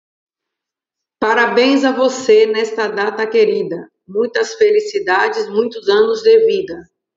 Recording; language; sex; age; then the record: short text; Brazilian Portuguese; female; 40 to 49 years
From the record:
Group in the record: control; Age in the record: 44 years